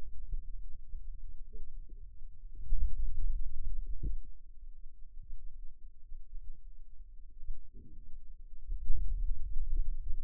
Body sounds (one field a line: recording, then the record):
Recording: forearm muscle sounds (acoustic myography)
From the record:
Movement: hand opening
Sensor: system 2, bracelet of six BSWA MPA416 microphones around the upper forearm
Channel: 6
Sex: male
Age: 22 years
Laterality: right